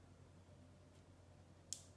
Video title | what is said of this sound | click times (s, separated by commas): Apple Watch Series 5 44MM Space Grey GPS Unboxing and initial setup | then you hear it click on | 1.7 s